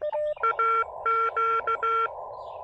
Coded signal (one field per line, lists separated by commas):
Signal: Morse code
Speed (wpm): 16 wpm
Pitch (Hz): 1360 Hz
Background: none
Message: AQ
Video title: Drive-Up Summit with Spectacular Views: A quick SOTA & POTA combo activation on Dogback Mountain!